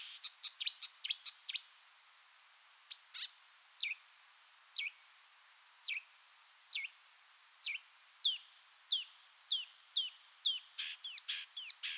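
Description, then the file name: Marsh warbler song: quick chips, then evenly spaced downslurred whistled notes about every second, ending in faster varied phrases. "suara-kicauan-burung-marsh-warbler -omkicau"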